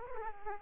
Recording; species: mosquito wingbeat signal from an infrared sensor; Aedes aegypti